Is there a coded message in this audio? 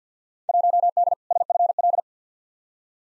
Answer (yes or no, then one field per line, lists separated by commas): yes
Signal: Morse code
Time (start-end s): 0.5-2.0 s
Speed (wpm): 50 wpm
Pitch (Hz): 700 Hz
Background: none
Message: 1D SFL